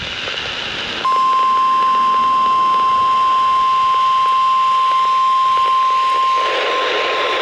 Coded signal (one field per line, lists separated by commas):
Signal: Emergency Alert System (SAME) tones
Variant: 1050 Hz attention tone